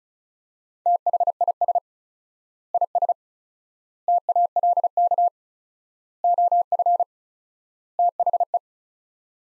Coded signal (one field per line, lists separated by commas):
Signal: Morse code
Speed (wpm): 34 wpm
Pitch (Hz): 700 Hz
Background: none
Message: THIS IS TALK OF THE